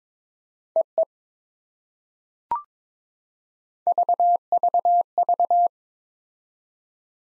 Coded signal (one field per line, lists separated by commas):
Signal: Morse code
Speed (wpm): 22 wpm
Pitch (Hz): 700 Hz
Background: none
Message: EE VVV